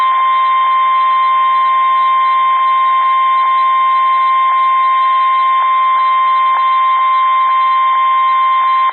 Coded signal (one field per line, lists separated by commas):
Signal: Emergency Alert System (SAME) tones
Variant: 1050 Hz attention tone